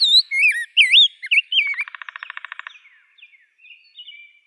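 Rose-breasted grosbeak singing sweet looping warbled whistles, then a few soft trailing notes.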